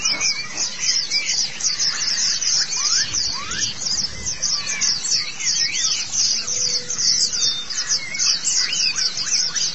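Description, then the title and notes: White-eye song: busy high-pitched twittering chatter, with lower slurred whistles and a faint low rumble. Chirping song. "Kicauan Burung Pleci Durasi Panjang. Suara kicauan burung pleci"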